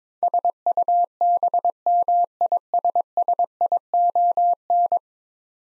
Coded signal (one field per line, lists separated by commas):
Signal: Morse code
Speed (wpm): 22 wpm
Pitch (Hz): 700 Hz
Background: none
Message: SUBMISSION